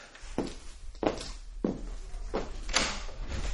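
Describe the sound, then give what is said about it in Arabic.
A door being opened: a series of knocking, rattling thumps as the latch and panel move, followed by a sliding scrape, with no voices. “تعرف افتح الباب.”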